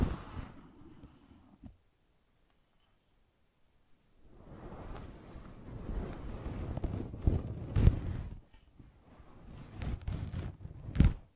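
Brushing and scratching sounds come in two rough, rustling stretches, one in the first second and a longer one from about four seconds to the end. Between them is near silence. Sharp scratchy clicks stand out near eight and eleven seconds.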